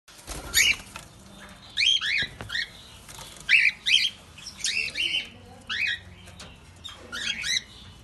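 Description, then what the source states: Cockatiel chirps: repeated short, bright whistled notes sweeping up and down, often in quick pairs. Pied colour variety.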